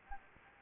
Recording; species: mosquito wingbeat signal from an infrared sensor; Anopheles gambiae